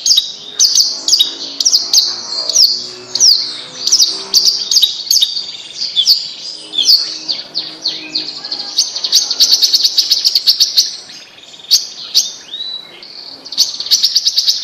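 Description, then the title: Bird song, a dense run of high chirps, trills and whistled notes with sharp clicks throughout, continuous with brief pauses. "Kicau Burung Yoi"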